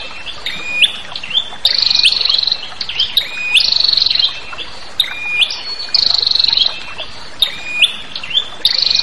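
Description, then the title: Prinia calls: sharp upward-stepping chips mixed with rapid buzzy trills held for about a second, repeated in several bursts. Lure recording for trapping prinias, including the red-headed prinia and the 'guest' prinia; noisy prinia calls. "Suara Prenjak Ribut. Pikat Burung Prenjak Kepala Merah Prenjak Tamu"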